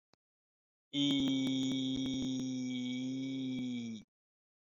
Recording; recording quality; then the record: sustained vowel as in beet; excellent, no background noise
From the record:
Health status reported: recovered from COVID-19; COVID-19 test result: positive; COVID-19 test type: RT-PCR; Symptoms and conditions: cough, cold, sore throat, fever, fatigue, hypertension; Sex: male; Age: 58 years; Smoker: no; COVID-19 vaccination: both doses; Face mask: not worn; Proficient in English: yes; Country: India